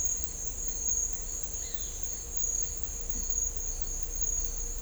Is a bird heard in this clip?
no